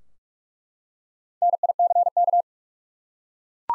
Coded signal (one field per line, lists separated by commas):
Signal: Morse code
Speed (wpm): 46 wpm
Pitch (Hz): 700 Hz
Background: none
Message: NICK